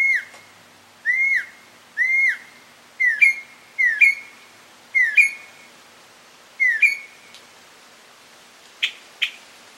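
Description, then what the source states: Mockingbird singing: clear down-slurred whistles repeated several times, then the phrase changes to notes with a short level tail, followed by faint sharp calls. Male.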